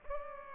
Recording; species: mosquito wingbeat signal from an infrared sensor; Culex pipiens